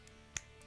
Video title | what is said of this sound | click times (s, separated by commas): Tech Tip: Completing a Glock Slide | and it'll snap into place | 0.4 s